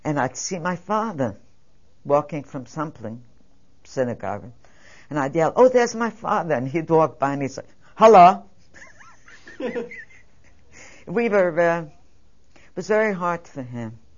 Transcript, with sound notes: And i'd see my father walking from something, synagogue. And I'd yell, "Oh, there's my father." And he'd walk by and he';d say, "Hello." (She laughs.) We were, it was very hard for him,